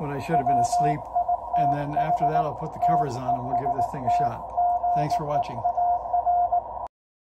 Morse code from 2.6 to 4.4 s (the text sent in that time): TEST